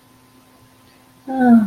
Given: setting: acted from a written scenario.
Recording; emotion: vocal sound without words; sympathy